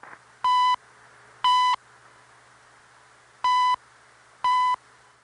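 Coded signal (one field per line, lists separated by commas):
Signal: radio time signal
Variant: CHU Canada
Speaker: So I interpreted these beeps as some station about to sign on. So I waited and eventually >> CHU Canada Eastern Standard Time 14 hours 46 minutes.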